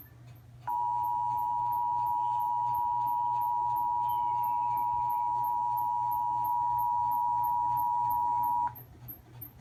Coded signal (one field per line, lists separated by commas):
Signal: Emergency Alert System (SAME) tones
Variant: 853 and 960 Hz attention tone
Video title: Marine Warning due to Ian’s Second Landfall EAS #278